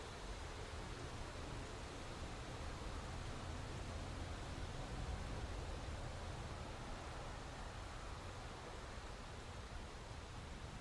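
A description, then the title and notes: Wind rushes steadily across open ground, a dense, unbroken roar with a heavy low rumble underneath and a hiss spread up through the highs. The level barely changes over the whole stretch, with only slight swells around the middle and no distinct gusts or other sounds. The dynamic and majestic sound of winds as they sweep across open fields, mountains, and forests.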